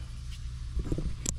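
A crimped metal terminal pin is pushed, notch facing up, into the back of a plastic ABS module connector housing while fitting a 2010-and-later ABS module to a 2009 Ford F-150 whose original module failed with code B1342. Over a low steady hum, soft handling bumps build from about 0.8 s until a sharp, bright click at 1.3 s. The pin locks and is seated in the housing.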